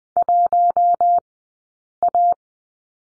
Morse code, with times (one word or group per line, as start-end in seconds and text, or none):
0.2-1.2 1
2.0-2.3 A